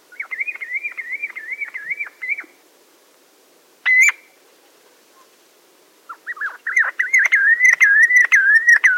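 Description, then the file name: Common ringed plover display call: a fast, rolling series of whistled notes near the same pitch, stopping, a single sharp note, then resuming louder and continuous. "SANDLO DISPLAY LYB SNI"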